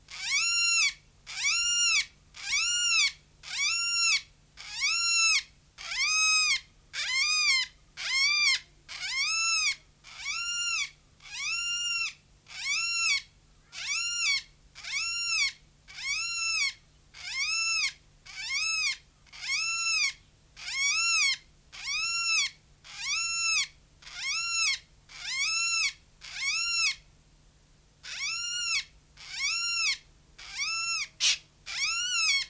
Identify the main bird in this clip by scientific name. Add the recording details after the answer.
Coracopsis vasa. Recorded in captivity. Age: adult. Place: Zoo Berlin, Berlin, DE. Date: 1993-06-05 10:24. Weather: 20-25°C, sonnig. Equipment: Marantz CP 430, Sennheiser ME 80, Kopie Uher Variocord 263. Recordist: Tembrock, Günter